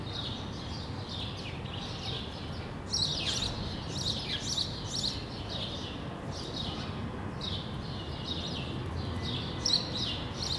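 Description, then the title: Sparrows chirping continuously, many short calls, with low background rumble. Sparrows on Rue de l'épargne, Brussels, Belgium, recorded for World Sparrow Day with Lom mikroUši AB microphones into a Deity PR-2 recorder. "Rue de l'épargne, Bruxelles, Bruxelles-Capitale, Belgique - World Sparrow Day"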